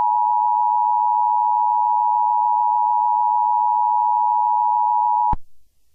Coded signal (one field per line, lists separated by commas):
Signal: Emergency Alert System (SAME) tones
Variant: 853 and 960 Hz attention tone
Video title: Eas the devil 👿 is coming early Halloween 👻 special